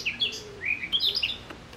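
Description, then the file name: Eurasian blackcap phrase, a short sequence of clear slurred whistles rising and falling in pitch, bright and quick. "Sylvia atricapilla"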